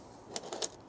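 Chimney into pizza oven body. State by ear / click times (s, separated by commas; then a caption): not seated / none. The metal chimney section of an Ooni Fyra pizza oven, already slotted together and sitting in, is turned into the oven body's lock-in system. Three brief, sharp ticks sound at about 0.4, 0.5 and 0.6 seconds over a quiet background. The chimney has not seated or locked yet when the clip ends.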